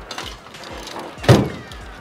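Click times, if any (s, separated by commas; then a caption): 1.3 s. The butt of a sailboat mast is lowered into the mast step on the deck while one person guides it from above. Light knocks and shuffling are heard around 0.1–0.2 s, then a solid low clunk at 1.3 s as the mast butt bottoms out and seats in the step.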